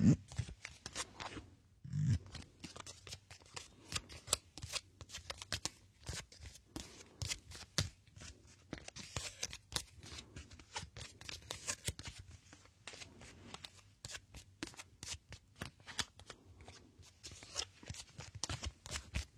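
Scratching on a pack of cleaning wipes, heard as a dense run of dry, crinkly plastic ticks and rasps. The scraping goes on almost without pause for the whole clip, briefly thinning near the start, with uneven bursts of louder strokes.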